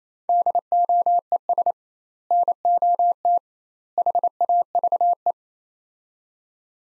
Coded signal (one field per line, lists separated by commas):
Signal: Morse code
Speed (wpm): 28 wpm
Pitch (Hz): 700 Hz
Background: none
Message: DOES NOT HAVE